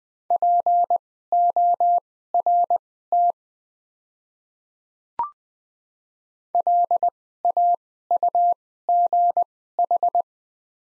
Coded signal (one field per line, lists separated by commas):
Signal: Morse code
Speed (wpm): 20 wpm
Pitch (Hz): 700 Hz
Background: none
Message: PORT LAUGH